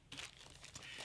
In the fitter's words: that must line up with that slot in the back there you go so it just pops down inside the quad and you'll hear a click closed